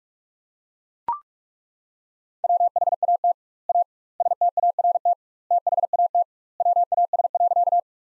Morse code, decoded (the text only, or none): WHAT A START THAT WAS.